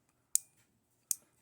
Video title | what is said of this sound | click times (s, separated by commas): Let's Take Our First Sniff Of The Work Sharp RMX!!! | There's the click. | 0.3 s